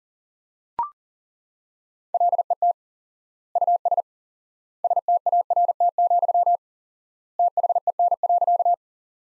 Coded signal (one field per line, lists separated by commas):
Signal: Morse code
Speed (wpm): 37 wpm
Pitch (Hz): 700 Hz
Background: none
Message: LET US START, THEN.